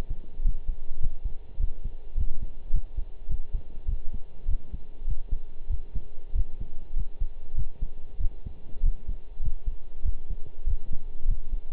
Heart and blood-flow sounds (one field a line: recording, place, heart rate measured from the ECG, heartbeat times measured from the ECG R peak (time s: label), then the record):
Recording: heart sounds by stethoscope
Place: between the tricuspid and mitral areas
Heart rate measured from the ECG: 100 bpm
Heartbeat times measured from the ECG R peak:
0.44 s: heartbeat
1.02 s: heartbeat
1.59 s: heartbeat
2.17 s: heartbeat
2.73 s: heartbeat
3.29 s: heartbeat
3.88 s: heartbeat
4.48 s: heartbeat
5.07 s: heartbeat
5.70 s: heartbeat
6.35 s: heartbeat
6.96 s: heartbeat
7.57 s: heartbeat
8.20 s: heartbeat
8.83 s: heartbeat
9.43 s: heartbeat
10.05 s: heartbeat
10.66 s: heartbeat
11.28 s: heartbeat
From the record:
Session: pedaling a stationary bicycle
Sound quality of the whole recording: partially saturated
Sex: male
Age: 23 years